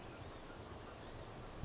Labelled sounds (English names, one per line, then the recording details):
Blue-gray Gnatcatcher
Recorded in Sonoma County, California